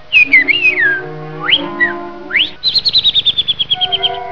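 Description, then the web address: Bird giving whistled calls: a wavering descending whistle, two quick upward-sweeping slurs, then a fast run of many high repeated notes. "特酷声音素材库 动物 鸟 Bird"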